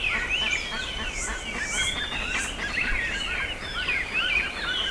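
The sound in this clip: Birds twittering and chirping densely, many high sweeping notes overlapping without pause, over steady environmental noise.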